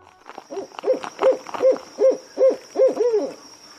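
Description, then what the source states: Owl giving a quick, steady series of about eight hollow hoots, the last one drawn out, with a thin constant high whine behind. Owl calling at night.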